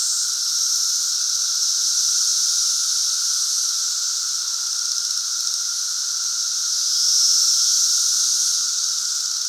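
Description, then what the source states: Periodical cicadas in chorus: a dense, unbroken high droning hiss with a fainter steady lower hum, swelling a little louder for a moment near the end. Great Southern Brood emergence, 2024.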